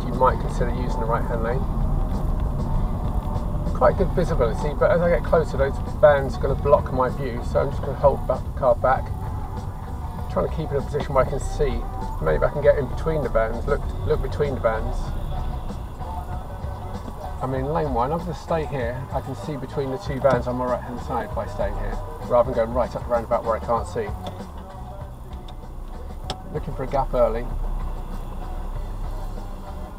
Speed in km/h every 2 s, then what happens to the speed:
29, 26, 23, 18, 13, 10, 11, 11, 6, 0, 0, 0, 0, 0, 0.
0-9 slows to 10. 9-15 steady at about 11. 15-18 brakes to 0. 18-30 standing.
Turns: none.